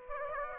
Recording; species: mosquito wingbeat signal from an infrared sensor; Aedes aegypti